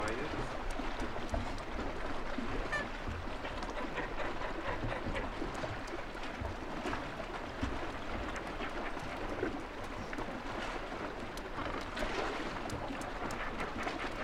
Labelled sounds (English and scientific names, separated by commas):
Gentoo Penguin (Pygoscelis papua) call